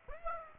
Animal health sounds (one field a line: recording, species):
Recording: mosquito wingbeat signal from an infrared sensor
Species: Aedes aegypti